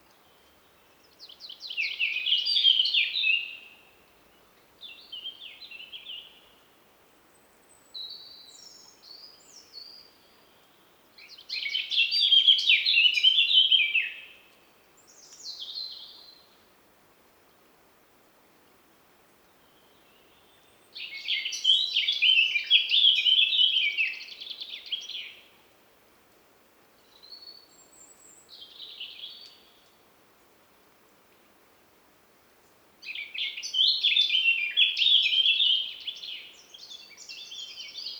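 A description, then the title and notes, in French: A blackcap sings repeated bright, warbling phrases every ten seconds or so, with short softer calls between, against a quiet, faintly echoing background. Une fauvette dans les gorges. Gorges Chandel - Mixpr3 - mkh8020 - stéréo. L'Echo du lieu est magnifique pour accueillir le chant de la Fauvette à tête noire.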